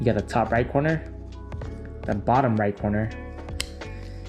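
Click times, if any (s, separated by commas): 3.6 s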